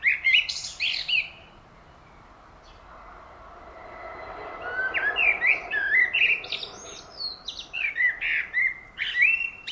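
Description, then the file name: Common blackbird singing mellow warbled phrases with thin high twittering ends, one phrase at the start and a run of several after a quiet spell. "Turdus merula"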